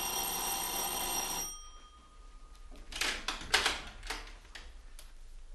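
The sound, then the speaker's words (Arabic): An electric doorbell rings steadily with a bright, buzzing metallic tone for about a second and a half, then cuts off, followed by a few soft knocks and rustling. “أيوة يا بيه، وبعدها بأسبوع وأنا قاعد لقيت جرس الباب بيضرب.”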